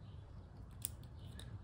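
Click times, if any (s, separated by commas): 0.8 s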